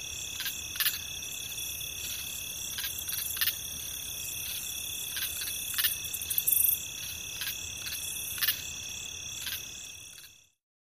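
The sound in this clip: Cricket singing as an unbroken shrill trill, with short crackling bursts scattered throughout, before the sound cuts off abruptly at the end.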